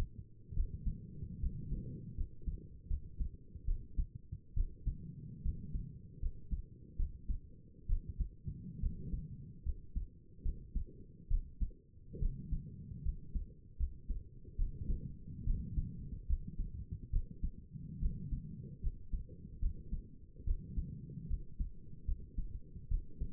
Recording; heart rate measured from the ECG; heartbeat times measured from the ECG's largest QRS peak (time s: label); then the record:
heart sounds by stethoscope; 73 bpm
0.55 s: heartbeat
1.41 s: heartbeat
2.16 s: heartbeat
2.89 s: heartbeat
3.66 s: heartbeat
4.55 s: heartbeat
5.44 s: heartbeat
6.21 s: heartbeat
6.98 s: heartbeat
7.88 s: heartbeat
8.81 s: heartbeat
9.64 s: heartbeat
10.44 s: heartbeat
11.29 s: heartbeat
12.21 s: heartbeat
13.04 s: heartbeat
13.78 s: heartbeat
14.57 s: heartbeat
15.45 s: heartbeat
16.28 s: heartbeat
17.12 s: heartbeat
18.01 s: heartbeat
18.82 s: heartbeat
19.61 s: heartbeat
20.46 s: heartbeat
21.29 s: heartbeat
22.07 s: heartbeat
22.90 s: heartbeat
From the record:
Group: healthy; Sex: female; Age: 22 years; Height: 163 cm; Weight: 67.1 kg